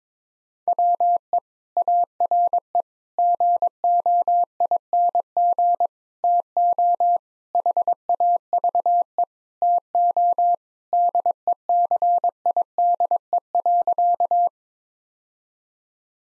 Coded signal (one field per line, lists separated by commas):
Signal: Morse code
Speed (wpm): 22 wpm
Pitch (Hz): 700 Hz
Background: none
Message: WE ARE GOING TO HAVE TO DECIDE.